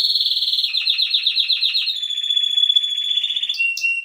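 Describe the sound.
Canary song: a rapid pulsing trill that slows into rolled syllables, then a steady whistled tone and sharp chips.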